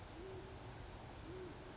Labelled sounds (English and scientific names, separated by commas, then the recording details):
Great Horned Owl (Bubo virginianus)
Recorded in Sonoma County, California